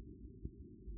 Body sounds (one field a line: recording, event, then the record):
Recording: neck accelerometer signal played as sound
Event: no cough (speech, laughter, throat clearing or background)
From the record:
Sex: male